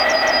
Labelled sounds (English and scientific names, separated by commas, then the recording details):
Yellowhammer (Emberiza citrinella) song
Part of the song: start
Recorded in the Czech Republic on 1 May 2016
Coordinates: 49.503, 14.636
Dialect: BhBl
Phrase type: E40
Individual 15RT